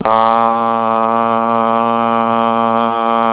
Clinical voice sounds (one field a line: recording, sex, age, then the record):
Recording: sustained vowel /a/ by telephone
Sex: male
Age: 20 to 29 years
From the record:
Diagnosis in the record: healthy control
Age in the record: 24 years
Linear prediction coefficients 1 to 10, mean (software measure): 1.69, -1.27, 0.49, -0.64, 0.80, -0.51, 0.37, -0.54, 0.39, -0.09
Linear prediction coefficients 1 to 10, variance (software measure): 0.049, 0.169, 0.218, 0.214, 0.219, 0.145, 0.112, 0.106, 0.078, 0.013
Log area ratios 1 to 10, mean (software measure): -2.04, 2.40, -0.60, -0.12, -0.09, 0.72, 0.03, 0.05, -0.45, 0.19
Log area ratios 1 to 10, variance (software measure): 0.028, 0.095, 0.152, 0.038, 0.054, 0.054, 0.029, 0.043, 0.056, 0.053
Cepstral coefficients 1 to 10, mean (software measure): 1.69, 0.19, -0.05, -0.57, -0.17, -0.04, 0.19, 0.01, -0.07, 0.00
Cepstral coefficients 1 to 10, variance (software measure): 0.049, 0.011, 0.028, 0.016, 0.008, 0.008, 0.004, 0.003, 0.003, 0.002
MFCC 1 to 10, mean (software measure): -3.14, 1.54, -0.99, -0.80, 0.39, 0.41, -0.70, 0.27, 0.28, -0.18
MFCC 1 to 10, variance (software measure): 0.176, 0.028, 0.046, 0.041, 0.033, 0.041, 0.056, 0.025, 0.029, 0.027